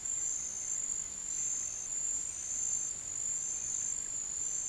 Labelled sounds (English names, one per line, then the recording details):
none
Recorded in pastures near Puerto Asís, Putumayo, Colombia, on 23 June 2025 at 08:00
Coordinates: 0.486, -76.323
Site H29